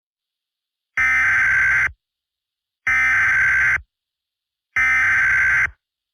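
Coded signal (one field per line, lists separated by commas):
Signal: Emergency Alert System (SAME) tones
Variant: header bursts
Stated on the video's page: Fictional EAS scenario; simulated alert.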